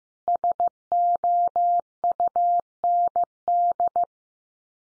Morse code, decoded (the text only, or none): SOUND